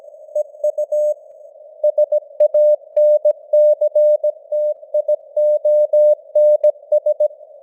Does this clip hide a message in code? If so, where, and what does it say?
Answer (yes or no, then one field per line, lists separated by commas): yes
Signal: Morse code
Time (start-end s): 0.4-7.3 s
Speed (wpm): 17 wpm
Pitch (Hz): 600 Hz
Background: none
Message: EU SANCTIONS